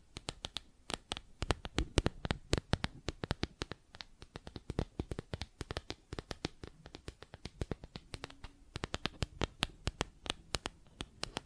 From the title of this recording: Plastic Objects Tapping and Scratching